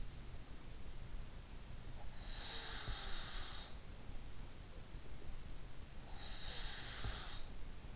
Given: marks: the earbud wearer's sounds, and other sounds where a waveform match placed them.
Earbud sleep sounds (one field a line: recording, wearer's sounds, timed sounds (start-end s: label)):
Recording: sounds in sleep by an in-ear microphone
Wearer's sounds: breath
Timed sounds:
2.08-4.00 s: breath
6.09-7.94 s: breath